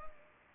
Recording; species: mosquito wingbeat signal from an infrared sensor; Culex pipiens